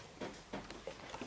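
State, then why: Not seated. The other side of a DDR3 RAM module is pressed down into a memory slot on a Dell Optiplex 990 SFF motherboard. Only a few soft, short taps and scrapes are heard, the loudest near the end. Nothing has clicked yet, and the slot latch has not clicked.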